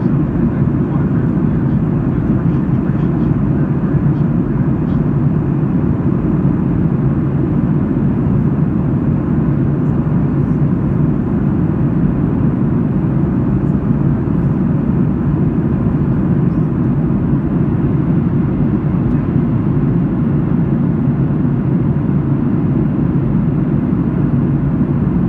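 Airplane noise as a steady, unbroken roar, heaviest in the deep low and lower-middle range, with little brightness on top. The level holds completely even for the whole stretch, with no distinct events, just a dense, constant engine and air rush.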